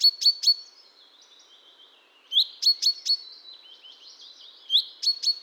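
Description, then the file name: Common chaffinch giving bright, clipped high call notes in short bursts of three or four, separated by pauses, with a faint thin sustained tone between bursts. "Fringilla coelebs"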